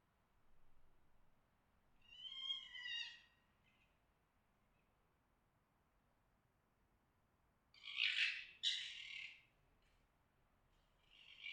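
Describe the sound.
Fox mating cries: one wavering harmonic wail early, then a long pause and two rough, explosive screams, with another starting at the end over low hiss.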